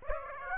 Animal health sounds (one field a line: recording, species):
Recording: mosquito wingbeat signal from an infrared sensor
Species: Aedes aegypti